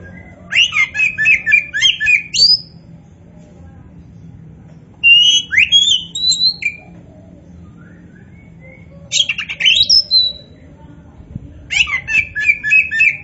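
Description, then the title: Oriental magpie-robin song in separate bursts of rapid chirps and whistled slurs, with quiet gaps of a few seconds between them. Described as gacor, meaning singing actively and continuously. "Kacer Poci"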